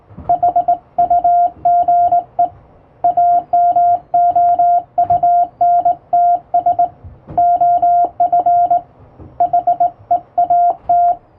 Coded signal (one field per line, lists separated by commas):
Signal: Morse code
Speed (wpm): 21 wpm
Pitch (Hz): 700 Hz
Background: radio noise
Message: HUGE AMOUNTS OF HEAT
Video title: 【モールス教室、縦振り電鍵でモールス符号を打ちました】手打ちで綺麗に打てるとカッコイイかも！欧文モールス符号を打ってみました！再生速度を調整して聴いてみよう(morse code practice)